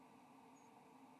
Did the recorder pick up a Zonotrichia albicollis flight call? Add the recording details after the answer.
no. Another species' flight call is heard. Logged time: 05:49 on 7 November 2014